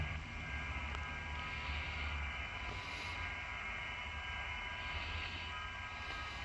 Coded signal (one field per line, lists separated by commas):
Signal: FT8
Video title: HAM radio (FT8) communication in deadly cold (혹한기 차 안에서 차박 통신을 하면 벌어지는 일) - (1/2)